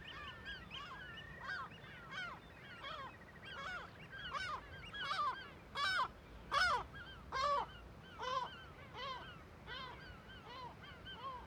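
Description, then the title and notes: Gulls giving harsh repeated alarm calls, arched barking notes that swell into a loud series midway and then ease off, over a steady background chorus. Gulls alarmed in a huge cliff amphitheatre above a forest on Kunoy, Faroe Islands; quadraphonic recording on a MixPre6II with DPA microphones. "Iles Féroé, KUNOY, nous sommes au dessus la forêt de Viðarlundin í Kunoy, le Cirque est énorme et les mouettes et autres oiseaux se mettent en alerte."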